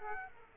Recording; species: mosquito wingbeat signal from an infrared sensor; Aedes aegypti